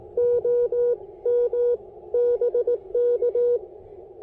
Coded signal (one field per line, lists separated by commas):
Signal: Morse code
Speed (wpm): 18 wpm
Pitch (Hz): 480 Hz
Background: none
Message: OM BK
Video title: Can I validate it? Speedy QRP POTA Activation on the Blue Ridge Parkway with the IC-705!